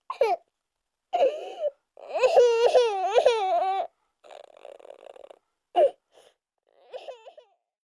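High-pitched, wavering vocal bursts from a baby, broken by pauses and breathy, noisy intakes, with one longer sustained wail near the middle. A baby's fussing cry.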